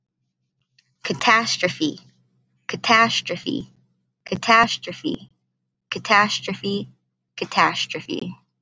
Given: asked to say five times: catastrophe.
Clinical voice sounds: repeated word; female; 20 to 29 years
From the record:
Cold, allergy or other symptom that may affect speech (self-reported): no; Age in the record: 29 years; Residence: California, United States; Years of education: 13

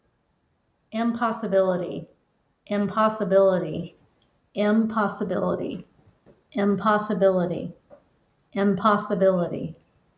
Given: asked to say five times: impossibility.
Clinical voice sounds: repeated word; female; 40 to 49 years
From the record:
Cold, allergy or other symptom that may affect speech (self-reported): no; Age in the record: 48 years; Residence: Georgia, United States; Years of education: 13

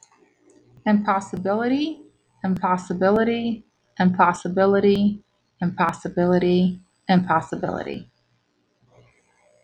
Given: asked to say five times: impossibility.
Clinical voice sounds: repeated word; female; 40 to 49 years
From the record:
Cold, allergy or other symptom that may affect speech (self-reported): no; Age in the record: 45 years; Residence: Florida, United States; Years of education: 17

